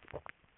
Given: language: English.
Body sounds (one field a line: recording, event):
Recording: throat vibration sensor signal played as sound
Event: swallow